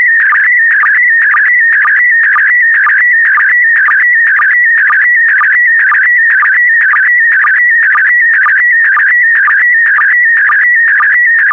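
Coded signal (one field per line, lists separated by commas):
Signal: SSTV (slow-scan television)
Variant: PD120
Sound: steady warbling, buzzy tone around 2 kHz, with a short low chirp twice per second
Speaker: the next image transmission will start in 10 seconds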